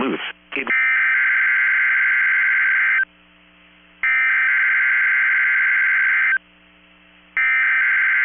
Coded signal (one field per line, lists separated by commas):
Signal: Emergency Alert System (SAME) tones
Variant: header bursts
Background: speech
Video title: First RWT of 2023 | 1/5/23 - KEC65 Required Weekly Test (Thursday Edition) (EAS #706)